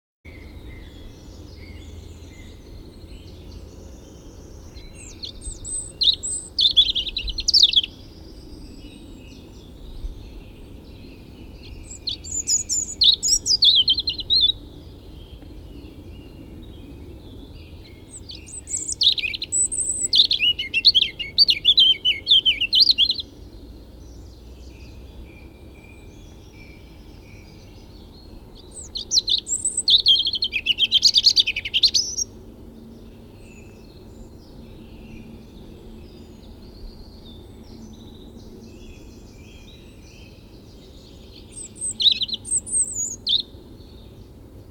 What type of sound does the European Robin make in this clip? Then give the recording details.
song. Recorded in the wild. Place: Mölln-Medow, Insel Rügen, Mecklenburg-Vorpommern, DE. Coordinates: 54.375, 13.4136. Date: 1974-05-04. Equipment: Nagra III BH, Sennheiser MD 21, parabola. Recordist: Schubert, Michael